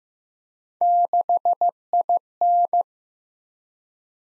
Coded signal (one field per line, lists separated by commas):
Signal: Morse code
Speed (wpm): 15 wpm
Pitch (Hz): 700 Hz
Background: none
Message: 6IN